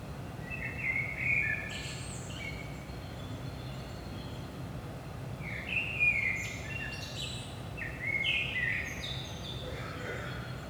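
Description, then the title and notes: Common blackbird song: several low fluty warbled phrases, each ending in a higher squeaky twitter, over a steady low hum. Singing at Saint-Gilles, Belgium, early morning around 5 am; recorded with DPA 4060 microphones in AB pair into a Zoom F3. "Saint-Gilles, Belgique - 5am Blackbird. Blackbird in the morning. Merle au petit matin"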